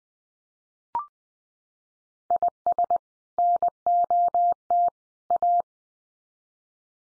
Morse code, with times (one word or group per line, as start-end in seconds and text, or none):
2.3-3.0 IS
3.4-4.9 NOT
5.3-5.6 A